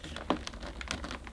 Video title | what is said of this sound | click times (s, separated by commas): Shark CarpetXpert With StainSkriker Carpet Washer Assembly & First Look | Now it is supposed to click, but I haven't heard a click. | none